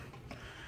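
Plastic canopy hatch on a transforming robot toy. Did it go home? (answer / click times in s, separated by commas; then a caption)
released / 0.3 s. The plastic cockpit canopy hatch on a transforming robot toy is popped open by hand. A short click sounds at 0.3 s, and the canopy is released open.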